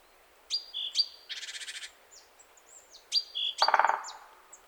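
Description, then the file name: Great tit calls, high sharp notes alternating with rattling buzzy churrs, one churr lower and harsher near the end. "Parus major"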